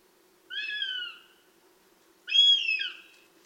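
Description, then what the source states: Northern Goshawk nestling begging calls: two drawn-out, harsh, slightly falling squeals, the second louder, with a faint low hum behind. Begging calls of nestlings in the nest, Tiveden National Park, 8 July 2011, 07:21.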